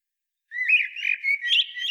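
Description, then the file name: Common blackbird giving a mellow warbled phrase of fluted notes with thin higher squeaks toward the end. "Turdus merula"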